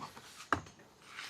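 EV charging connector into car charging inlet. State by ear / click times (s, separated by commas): seated / 0.5 s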